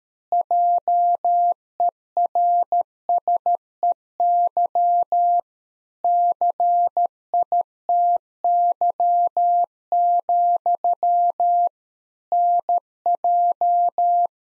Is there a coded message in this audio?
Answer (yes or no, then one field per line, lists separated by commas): yes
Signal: Morse code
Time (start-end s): 0.3-14.3 s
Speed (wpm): 13 wpm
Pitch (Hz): 700 Hz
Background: none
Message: JERSEY CITY, NJ